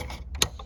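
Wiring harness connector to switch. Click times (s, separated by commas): 0.4 s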